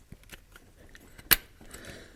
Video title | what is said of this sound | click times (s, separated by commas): 2007 Honda Accord P2647 Code. Finally Fixed! | audible click feels good | 1.3 s